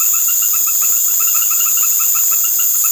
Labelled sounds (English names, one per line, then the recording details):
none
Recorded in secondary vegetation near Puerto Asís, Putumayo, Colombia, on 13 March 2025 at 19:00
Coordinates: 0.489, -76.322
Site G042